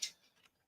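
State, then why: Seated. A plastic cradle insert is pressed into an adjustable pipe-mount phone holder, and a sharp, bright tick is heard at 0.0 s as it snaps into place, followed by a much fainter tick around 0.5 s. The insert is seated.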